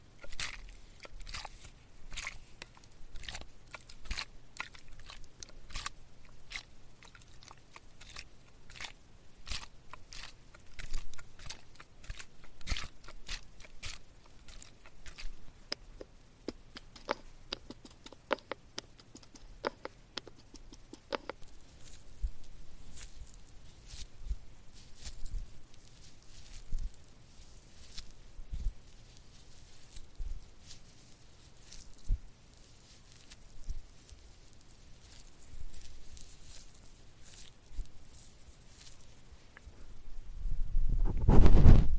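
Metal ear pick scraping inside an ear, dense crackly clicks and crunches throughout, busiest mid-clip, ending with a louder low rumble.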